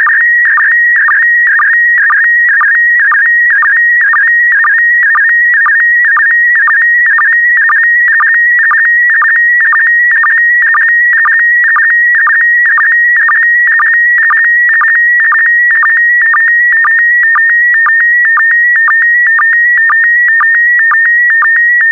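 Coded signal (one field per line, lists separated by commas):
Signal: SSTV (slow-scan television)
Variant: PD120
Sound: steady warbling high tone with rhythmic low ticks about twice a second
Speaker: complete. You can now check your decoded image against the picture that is shown on the video.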